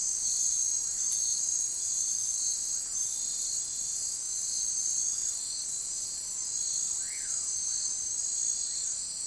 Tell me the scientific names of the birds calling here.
none